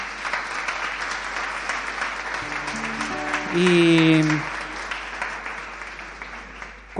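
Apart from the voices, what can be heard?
audience applause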